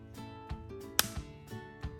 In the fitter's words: are facing down so this will click in foreign